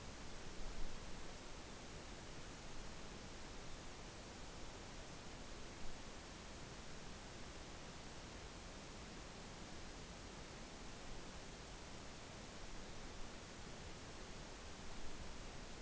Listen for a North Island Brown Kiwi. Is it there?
no